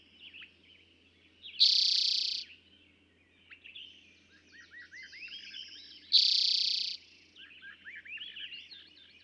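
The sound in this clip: Eastern towhee song, two intense quick trills roughly four and a half seconds apart, amid a steady chorus of faint chirping birds.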